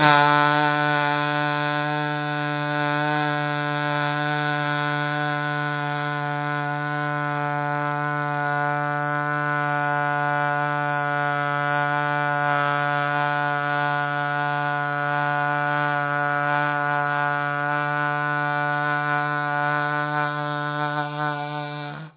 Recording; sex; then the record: sustained vowel /a/; male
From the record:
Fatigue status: no fatigue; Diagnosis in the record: COVID-19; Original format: 3gp